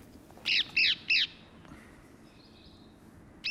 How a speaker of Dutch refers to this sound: Kijk, daar horen we hem weer, de halsbandparkiet.